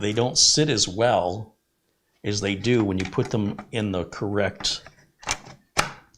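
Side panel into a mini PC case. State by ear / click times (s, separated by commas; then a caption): seated / 5.3 s, 5.8 s. Someone talks as a removable side panel, which had fallen out of an Intel NUC 9 Extreme 9i5QNX small-form-factor mini PC case because it was fitted on the wrong side, is refitted on the correct side with the skull facing the front and pressed in. Sharp snaps are heard at 5.3 s and 5.8 s as the panel clicks easily into place.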